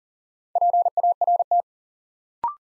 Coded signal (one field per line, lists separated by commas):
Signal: Morse code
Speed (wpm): 40 wpm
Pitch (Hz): 700 Hz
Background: none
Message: PART